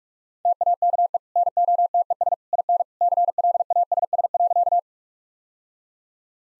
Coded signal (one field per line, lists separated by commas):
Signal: Morse code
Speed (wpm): 41 wpm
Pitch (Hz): 700 Hz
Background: none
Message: TAKE NOTES IN CLASS.